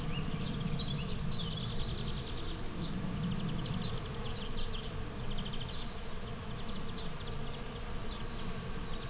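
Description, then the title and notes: Bees droning in a constant low buzz; birds add rapid chattering trills and repeated chirps throughout. Bees in a flowering rapeseed field, Słoneczna 9, Siemianowice Śląskie, Poland, Saturday 18 May 2019; Zoom H5 with Audio-Technica BP4025. "Słoneczna 9, 41-106 Siemianowice Śląskie, Polska - Pszczoły w rzepaku. Sobota, 18 maja 2019. Pszczoły w rzepaku. Szpaki, gołębie, kawki, samolot i piła w tle. Nagrania terenowe Siemianowic Śląskich - Dźwiękowy Portret Miasta"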